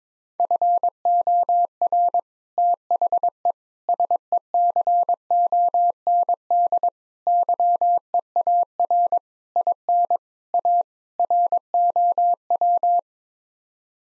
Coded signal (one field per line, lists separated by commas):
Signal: Morse code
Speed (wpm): 22 wpm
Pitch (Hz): 700 Hz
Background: none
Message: FOR THE SECOND YEAR IN A ROW